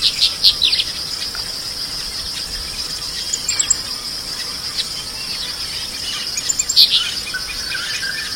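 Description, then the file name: Southern rough-winged swallow giving brief rough chirps, clustered in a few quick bursts, with a constant shrill cricket hum behind. "canto da andorinha serradora"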